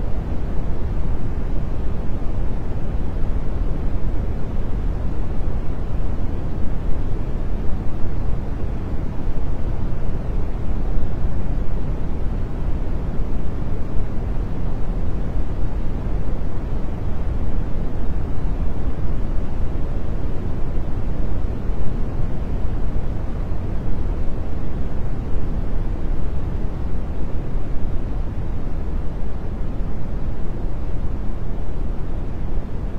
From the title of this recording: Smoothed Brown Noise